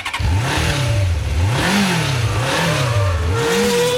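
A racing car engine revs hard on the track at Monza during the second practice session, its whining pitch repeatedly climbing and dropping in waves over a steady loud roar, with no voices present.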